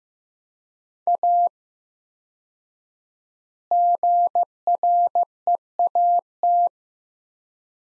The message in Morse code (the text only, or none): A GREAT